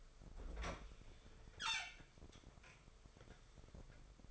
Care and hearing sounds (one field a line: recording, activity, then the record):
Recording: daily activity, microphone in the room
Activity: open fridge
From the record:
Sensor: 5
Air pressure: 1015.0 hPa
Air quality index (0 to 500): 190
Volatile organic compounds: 8 ppm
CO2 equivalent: 2090 ppm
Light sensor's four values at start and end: 90/207/91/102 and 94/215/94/106